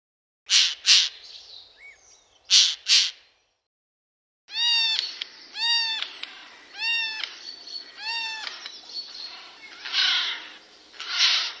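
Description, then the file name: Eurasian jay uttering harsh screeches in pairs, then a stretch of varied nasal, stacked notes mixed with more rasping screeches toward the end. "eichelhaeher"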